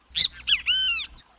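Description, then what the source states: Great Kiskadee giving its loud call: two bright, abrupt notes and then a drawn-out, richly harmonic note, delivered as one quick phrase against near silence. The call announces its name; lives along wooded edges near water from South Texas to Argentina.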